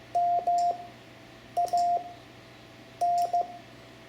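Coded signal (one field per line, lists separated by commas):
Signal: Morse code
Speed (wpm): 16 wpm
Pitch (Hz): 700 Hz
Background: none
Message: MAN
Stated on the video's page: Morse code lesson teaching letters M-P for amateur radio.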